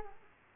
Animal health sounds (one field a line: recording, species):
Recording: mosquito wingbeat signal from an infrared sensor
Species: Culex quinquefasciatus